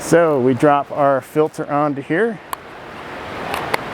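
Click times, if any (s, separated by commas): 3.7 s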